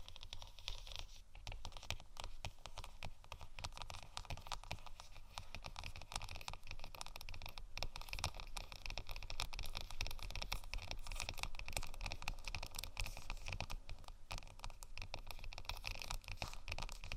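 Gentle scratching and tapping on faux leather, a dense run of small crackly strokes and soft taps that never really pauses. The texture stays fairly even and bright, with a low steady hum underneath and slightly fuller activity after the eight-second mark.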